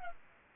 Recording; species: mosquito wingbeat signal from an infrared sensor; Culex pipiens